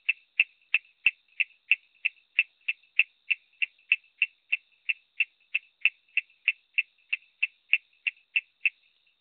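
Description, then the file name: Coorg yellow bush frog producing a long run of sharp, clicky notes repeated about three times a second, regular and unbroken. "Raorchestes luteolus call"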